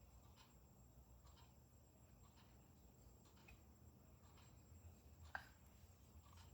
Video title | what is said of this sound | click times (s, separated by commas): 11-30-24 - Fred - Valves go into the head | all right snapped in place | 5.3 s